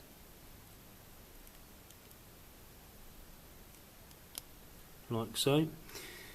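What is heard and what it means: The digitizer's flex ribbon is handled near its mainboard connector inside a Samsung Galaxy Ace S5830 during a digitizer screen replacement, with faint ticks and a sharp tap at about 4.4 s over a quiet background. Someone talks briefly near the end. Nothing has seated or clicked yet.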